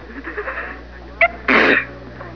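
A single sneeze from an adult: a brief sharp inward catch followed by a loud, broadband explosive burst.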